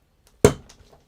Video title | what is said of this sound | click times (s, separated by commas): Touch 2 DIY Synthesizer / Performance & Assembly | you're going to hear a click | 0.5 s